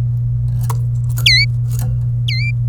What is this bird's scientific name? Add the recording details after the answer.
Serinus canaria. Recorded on 27 April 2018 at 15:20. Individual llb3